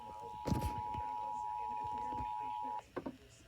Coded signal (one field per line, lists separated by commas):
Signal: Emergency Alert System (SAME) tones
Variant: 853 and 960 Hz attention tone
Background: speech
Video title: EAS Completion #29 EAS Alerts From July 2 EAS 816-848